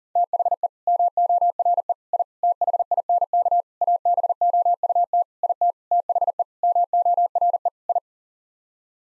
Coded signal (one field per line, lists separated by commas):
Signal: Morse code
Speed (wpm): 40 wpm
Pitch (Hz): 700 Hz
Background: none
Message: THE MORE I THINK ABOUT IT THE MORE I